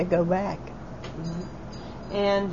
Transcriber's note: ringing sound